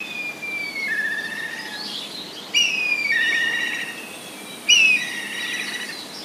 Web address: izumino saunndo tobi